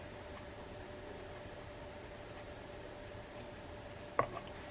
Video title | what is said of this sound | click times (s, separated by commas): Shimano Speedmaster rear drag fishing reel how to take apart and service | And just wrap it around and it will click in. | 4.2 s